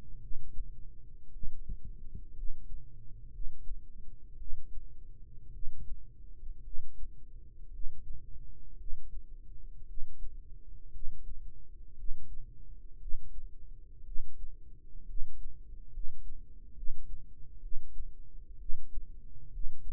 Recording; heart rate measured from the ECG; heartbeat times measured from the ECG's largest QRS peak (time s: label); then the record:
heart sounds by microphone in the right ear; 59 bpm
0.18 s: heartbeat
1.29 s: heartbeat
2.32 s: heartbeat
3.29 s: heartbeat
4.35 s: heartbeat
5.49 s: heartbeat
6.60 s: heartbeat
7.68 s: heartbeat
8.74 s: heartbeat
9.84 s: heartbeat
10.89 s: heartbeat
11.93 s: heartbeat
12.96 s: heartbeat
14.01 s: heartbeat
15.03 s: heartbeat
15.88 s: heartbeat
16.71 s: heartbeat
17.58 s: heartbeat
18.55 s: heartbeat
19.48 s: heartbeat
From the record:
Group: healthy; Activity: rest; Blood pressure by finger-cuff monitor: 116/65 mmHg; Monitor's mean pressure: 79 mmHg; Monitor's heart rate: 57 bpm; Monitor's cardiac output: 7 L/min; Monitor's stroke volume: 121 mL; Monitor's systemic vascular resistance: 820 dyn s/cm5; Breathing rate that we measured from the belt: 15 breaths a minute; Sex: male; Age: 22 years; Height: 185 cm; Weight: 112.4 kg